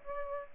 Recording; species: mosquito wingbeat signal from an infrared sensor; Aedes aegypti